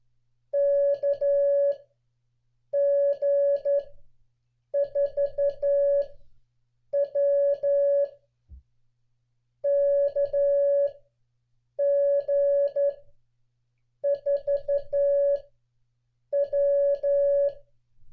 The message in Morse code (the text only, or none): KG4W KG4W